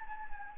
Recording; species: mosquito wingbeat signal from an infrared sensor; Anopheles gambiae